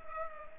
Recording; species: mosquito wingbeat signal from an infrared sensor; Culex pipiens